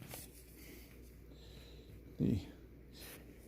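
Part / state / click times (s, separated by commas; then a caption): removable cleaning elbow going into the base of an upright vacuum / not seated / none. The removable cleaning elbow of a Dyson DC14 upright vacuum (clutch model) is slid down into the well at the base and lined up by hand while someone talks, with a brief low rustling bump of handling around 2.2 to 2.4 seconds. Nothing has seated or clicked yet; the elbow is still being positioned before it is clicked home.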